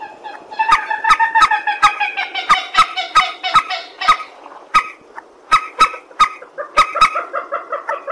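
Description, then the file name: Purple swamphen calls in a rhythmic run of harmonic, trumpeting honks, with sharp clicks among them. "tieng trich re keu"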